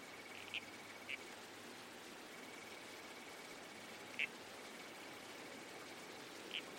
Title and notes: Soundscape - Red-Crowned Toadlet. the enchanting world of the Red-Crowned Toadlet. the babbling creek. the whispered sway of trees in the wind. the murmurs of the bush. Nocturnal Worlds. Australian Museum